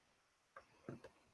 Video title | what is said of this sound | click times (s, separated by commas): Chat and Shop Live | easy to put together too it just Clips right onto there locks in place | 0.6 s, 0.9 s, 1.0 s